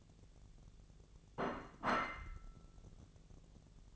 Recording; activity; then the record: daily activity, microphone in the room; place plate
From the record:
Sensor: 4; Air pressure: 1001.0 hPa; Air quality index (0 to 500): 145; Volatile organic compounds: 2 ppm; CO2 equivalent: 1069 ppm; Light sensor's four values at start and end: 25/61/25/27 and 25/61/25/27